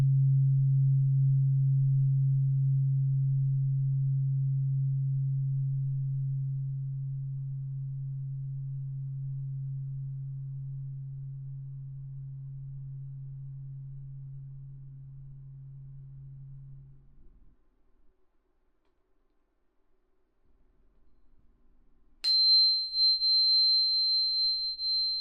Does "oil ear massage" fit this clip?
no